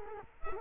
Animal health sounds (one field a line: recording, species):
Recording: mosquito wingbeat signal from an infrared sensor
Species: Culex quinquefasciatus